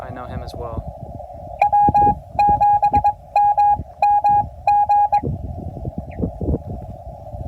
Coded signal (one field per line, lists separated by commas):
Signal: Morse code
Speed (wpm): 22 wpm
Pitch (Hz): 820 Hz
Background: speech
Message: W7MMG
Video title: CW POTA Activation US-11645